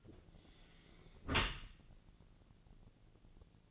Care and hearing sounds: daily activity, microphone in the room; close dishwasher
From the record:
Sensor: 4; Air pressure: 1001.3 hPa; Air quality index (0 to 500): 180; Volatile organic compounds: 2 ppm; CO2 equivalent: 1286 ppm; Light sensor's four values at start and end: 11/25/10/10 and 11/25/10/10

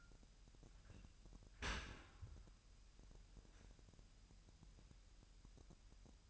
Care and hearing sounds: daily activity, microphone in the room; open dishwasher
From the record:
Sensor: 2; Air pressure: 998.2 hPa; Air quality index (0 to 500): 148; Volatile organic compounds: 4 ppm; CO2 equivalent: 1668 ppm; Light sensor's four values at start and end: 10/30/12/11 and 10/30/12/11

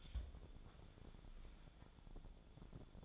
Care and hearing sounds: daily activity, microphone in the room; take from stove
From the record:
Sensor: 5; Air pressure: 1000.0 hPa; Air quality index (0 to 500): 94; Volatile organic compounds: 1 ppm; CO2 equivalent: 767 ppm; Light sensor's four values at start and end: 323/764/331/372 and 325/776/334/374

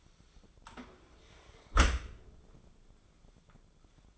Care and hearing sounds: daily activity, microphone in the room; close dishwasher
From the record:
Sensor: 5

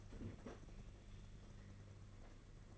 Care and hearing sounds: daily activity, microphone in the room; open fridge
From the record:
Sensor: 4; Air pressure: 992.6 hPa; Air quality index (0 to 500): 168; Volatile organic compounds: 241 ppm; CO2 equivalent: 4337 ppm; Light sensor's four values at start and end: 19/66/25/25 and 19/66/24/25

